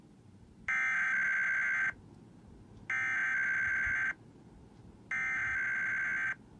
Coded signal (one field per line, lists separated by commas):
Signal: Emergency Alert System (SAME) tones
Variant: header bursts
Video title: IPAWS Required Weekly Test (EAS #203 213) 7/12/21